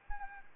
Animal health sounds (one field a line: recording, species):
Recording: mosquito wingbeat signal from an infrared sensor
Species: Anopheles gambiae